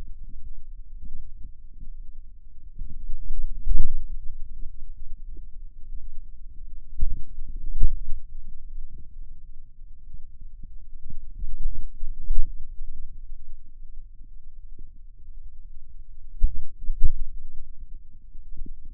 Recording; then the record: forearm muscle sounds (acoustic myography)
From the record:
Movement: wrist extension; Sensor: system 2, bracelet of six BSWA MPA416 microphones around the upper forearm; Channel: 5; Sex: male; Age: 22 years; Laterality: right